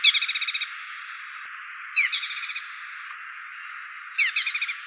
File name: cinenen belukar